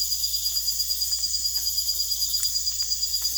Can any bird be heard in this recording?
no